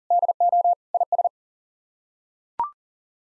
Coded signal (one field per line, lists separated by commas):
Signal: Morse code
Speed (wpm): 37 wpm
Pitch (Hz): 700 Hz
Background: none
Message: DO IS